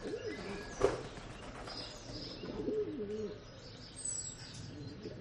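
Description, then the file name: Pigeon giving soft wavering coos, two phrases separated by a pause, with a sharp knock early on and faint high bird chirps. Pigeons in a rural setting in the early morning. "west wolf Early Morning Rural Ambience With Pigeons"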